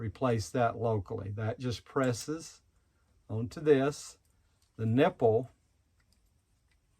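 Someone talks while handling a Xero Premium quick connect, with a 5/16 John Guest push-to-fit fitting pressed onto it, and brings the hose nipple toward its coupling. Nothing has seated or clicked yet; the nipple is not yet home.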